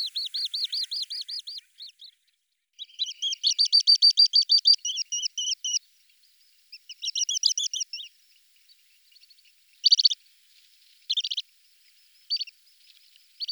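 Bird song of fast, repeated high notes in rolling trilled phrases, followed by a few brief sharp chirps after a pause.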